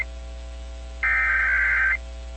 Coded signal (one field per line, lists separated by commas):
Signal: Emergency Alert System (SAME) tones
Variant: header bursts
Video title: EAS #172-173 - 2023 National Periodic Tests + WEA activation